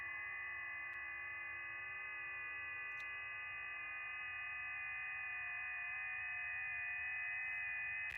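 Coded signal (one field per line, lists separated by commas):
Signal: FT8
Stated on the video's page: Live FT8 operation.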